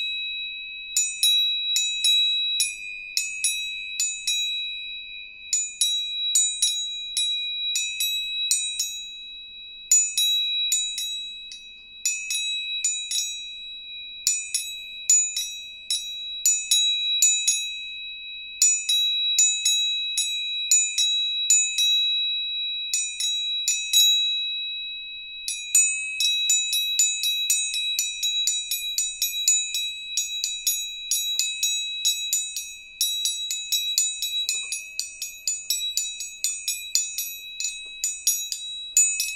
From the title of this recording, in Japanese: 音叉チューニング3本